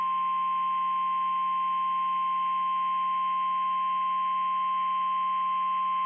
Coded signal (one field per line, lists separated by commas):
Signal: Emergency Alert System (SAME) tones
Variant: 1050 Hz attention tone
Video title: Remaining EAS Alerts from 08/29/2025 (EAS #444-#447)